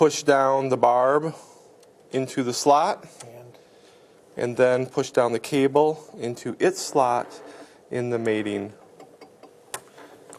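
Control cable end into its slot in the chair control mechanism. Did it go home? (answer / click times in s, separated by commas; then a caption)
yes / 9.7 s. Someone talks while pushing the barb into its slot and then the control cable down into its slot in the mating plastic component of a Zody chair's side-actuated control. A sharp click at 9.7 s marks the cable end snapping into place, seated.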